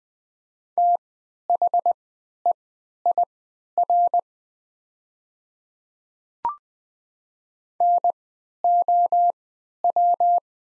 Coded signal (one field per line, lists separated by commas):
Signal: Morse code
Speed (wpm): 20 wpm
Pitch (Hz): 700 Hz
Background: none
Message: THEIR NOW